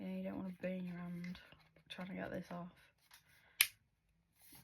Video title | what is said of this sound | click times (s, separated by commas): Beauty on a Budget 💕 | So, yeah, it does click into place when it's properly on same method. | 3.6 s